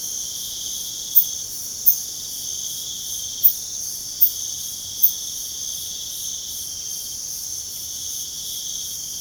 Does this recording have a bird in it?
no